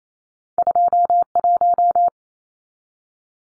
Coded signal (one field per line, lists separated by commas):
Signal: Morse code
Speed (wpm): 28 wpm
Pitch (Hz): 700 Hz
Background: none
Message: 21